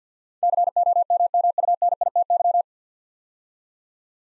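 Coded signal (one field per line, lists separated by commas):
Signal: Morse code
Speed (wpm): 50 wpm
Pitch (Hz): 700 Hz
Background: none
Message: COMMUNITY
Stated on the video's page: Morse practice sending nine-letter words three letters at a time at 50 wpm, for instant character recognition training.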